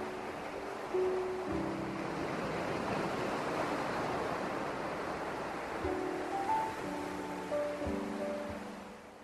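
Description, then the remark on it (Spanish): Ocean surf washes against sea cliffs in a steady, broad roar with a few louder swells, while soft sustained musical tones drift in and out above it. “Acantilados del mar”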